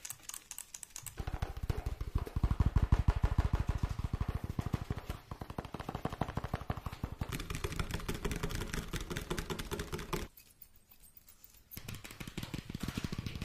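Fast tapping runs as a dense, even stream of quick clicks, much like typing on a keyboard. It starts around the one-second mark, is loudest near three seconds, then holds steady. A brief pause falls near ten seconds before the tapping resumes.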